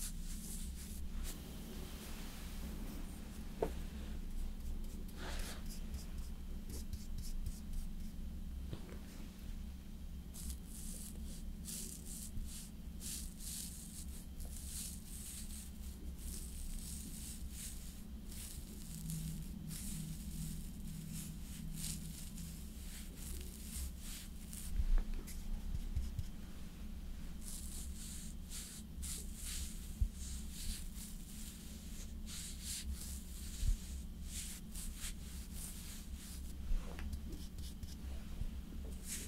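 Slow makeup application: soft, crisp brushing and tapping strokes come in clusters, busiest early on and again through the last ten seconds. A steady low hum runs underneath the whole time, with a few sharper taps standing out near the middle and end.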